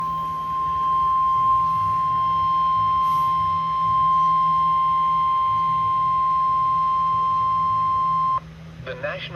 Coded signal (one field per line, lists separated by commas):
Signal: Emergency Alert System (SAME) tones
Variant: 1050 Hz attention tone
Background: speech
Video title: EAS Tornado Warning On NOAA Weather Radio